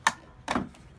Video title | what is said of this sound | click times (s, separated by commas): Kobalt 24v String Trimmer with an EGO Rapid Reload Head installed AH1530 | and that's the other so you got to hear the two clicks | 0.1 s